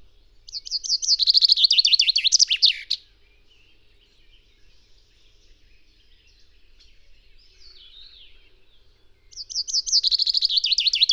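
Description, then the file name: Common chaffinch song: a rapid rattling trill ending in a flourish, heard twice, about nine seconds apart, with faint soft chirps in between. "Fringilla coelebs"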